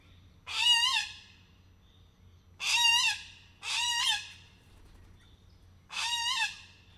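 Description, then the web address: Little corella giving four raspy, wavering screeches, the middle two close together, over a faint low hum. Zoo bird in captivity, recorded in 2018 at a zoo in Miskolc, Hungary; described as emboldened. "allathangok miskolcizoo 2018 csupaszszemu kakadu felbatorodva"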